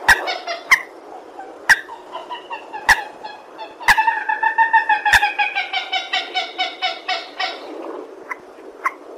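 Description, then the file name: Purple swamphen with a few sharp nasal notes, then a long, drawn-out run of honking, bleating calls that slowly fades, with scattered single barks after. "tieng trich re keu"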